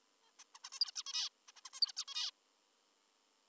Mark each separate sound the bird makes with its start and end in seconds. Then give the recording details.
0.23-0.32, 0.39-0.44, 0.55-0.58, 0.64-0.70, 0.72-0.80, 0.80-0.91, 0.96-1.03, 1.06-1.29, 1.48-1.52, 1.57-1.61, 1.65-1.70, 1.74-1.80, 1.82-1.92, 1.97-2.05, 2.08-2.31. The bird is an adult. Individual g19o3U